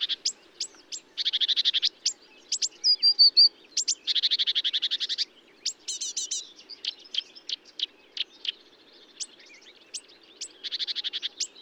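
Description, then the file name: Marsh warbler song, a fast, varied run of sharp chirps and buzzy trills, with rattling bursts repeated through the phrase; faint low hum beneath. Recorded at Bonnevaux on 31 May 2009 at 05:35, early morning. "Rousserolle verderolle 0535 25 Bonnevaux"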